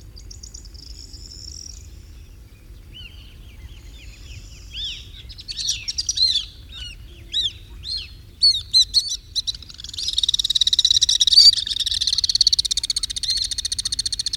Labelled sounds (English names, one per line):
Alpine Swift call